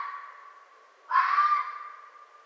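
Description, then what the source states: Red fox giving one loud, harsh bark with a ringing tonal tail, following the fading end of an earlier call. Recorded 4 May 2011.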